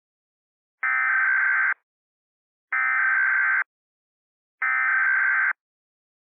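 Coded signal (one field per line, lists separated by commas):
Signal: Emergency Alert System (SAME) tones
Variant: header bursts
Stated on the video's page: Remastered fictional EAS scenario about an airborne virus.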